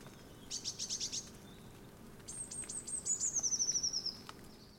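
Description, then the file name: Eurasian blue tit giving a quick burst of high repeated notes, then a thin, slightly falling trill, over a steady background hiss. "Cyanistes caeruleus"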